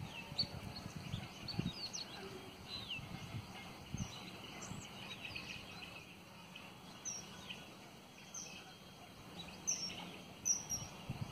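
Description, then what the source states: Birds giving faint high chirps and short twittering notes scattered throughout over a steady low rumble of background noise. Birds flying at a bird sanctuary in Vaduvoor.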